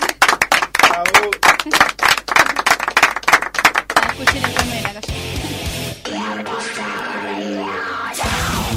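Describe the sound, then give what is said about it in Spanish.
An audience bursts into brisk, steady applause after a reading, a dense run of loud claps lasting a few seconds, which then gives way to voices and tonal sounds. “Y bueno, le brindamos otro aplauso”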